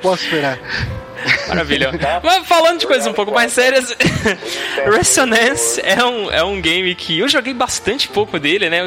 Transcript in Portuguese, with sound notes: Mal posso esperar.
Maravilha. Mas falando de coisas um pouco mais sérias… [risos] Resonance é um é um game que eu joguei bastante pouco dele, né?